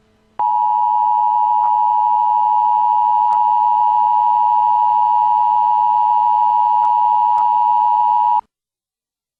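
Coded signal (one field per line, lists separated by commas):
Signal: Emergency Alert System (SAME) tones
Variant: 853 and 960 Hz attention tone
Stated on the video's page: EAS tornado warning issued by the National Weather Service.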